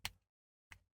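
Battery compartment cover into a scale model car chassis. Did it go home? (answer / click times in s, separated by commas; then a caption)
yes / 0.0 s. A plastic battery compartment cover is slid into the chassis of a 1:8 scale 1966 Batmobile model car and pressed home as a press fit. It seats with a sharp click at 0.1 s, and a second, softer click follows at 0.7 s. The cover is seated in place.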